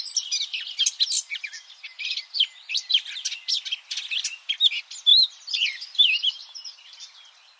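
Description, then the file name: Eurasian blackcap singing a hurried, chattering warble of mixed squeaky and whistled notes, pulsing in short bursts and fading toward the end. "Sylvia atricapilla"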